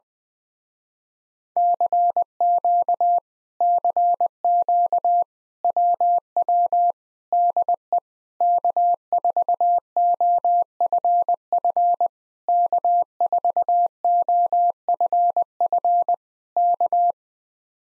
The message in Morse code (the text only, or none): CQ CQ WW DE K4OFF K4OFF K